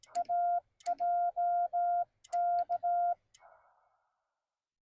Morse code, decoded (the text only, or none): AJK